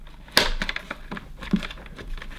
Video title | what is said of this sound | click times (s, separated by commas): Sebo Felix Maintenance Tips Filters & Brushroll Replacement | just pop it down until it clicks into position | 0.4 s